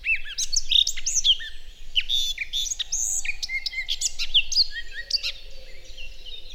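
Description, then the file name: Eurasian blackcap singing a rich, fast warble of varied chirps and short whistled notes. "Sylvia atricapilla"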